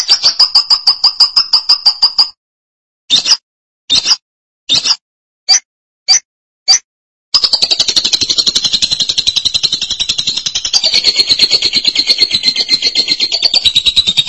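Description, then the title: Lovebird twittering song: a buzzy trill, several sharp chips spread over a few seconds, then a long, continuous stretch of rapid, scratchy high chatter. "BM Suara Burung Lovebird"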